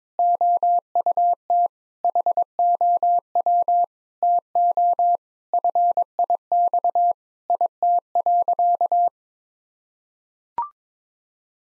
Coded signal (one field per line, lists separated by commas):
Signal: Morse code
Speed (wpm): 22 wpm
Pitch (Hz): 700 Hz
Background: none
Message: OUT HOW TO FIX IT.